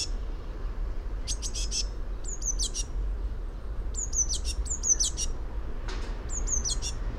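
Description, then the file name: Eurasian blue tit calling: a burst of sharp high notes, then several phrases of thin descending whistles ending in short harsh buzzes, against a low hum. "Cyanistes caeruleus"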